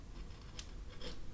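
The metal battery cage clip inside a Casio Royale AE1200WH digital watch module, which also fits Casio G-Shocks, is pressed down to close it over the coin cell. A small sharp click is heard at 0.6 s against faint rubbing and scraping. The clip seats and the battery cage is closed.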